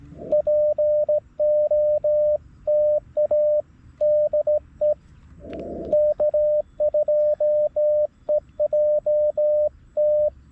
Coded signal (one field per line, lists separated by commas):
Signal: Morse code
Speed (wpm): 15 wpm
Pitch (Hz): 600 Hz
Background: radio noise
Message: POTA DE K2EJT